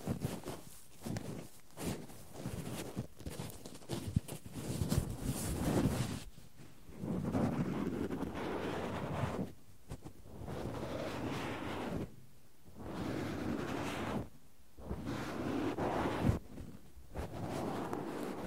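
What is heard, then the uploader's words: Cotton and tweezers make dense, scratchy rustling in uneven bursts, broken by several brief silences, with a soft rushing texture underneath throughout. ASMR No Talking Extreme Cotton and Tweezers Tingles!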